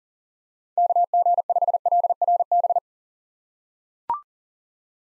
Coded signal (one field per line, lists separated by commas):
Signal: Morse code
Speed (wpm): 40 wpm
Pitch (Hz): 700 Hz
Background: none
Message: KG5LRB